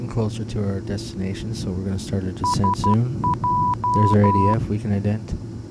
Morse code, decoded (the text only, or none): SJ